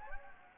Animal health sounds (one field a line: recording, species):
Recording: mosquito wingbeat signal from an infrared sensor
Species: Anopheles gambiae